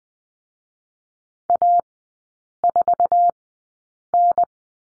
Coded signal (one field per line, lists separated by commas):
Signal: Morse code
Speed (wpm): 20 wpm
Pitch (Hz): 700 Hz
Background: none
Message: A4N